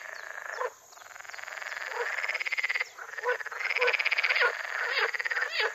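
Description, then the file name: Water frog calling in long, buzzy, pulsed croaks that swell and break off, with short sharp notes between bursts and more frogs overlapping. "grenouille verte"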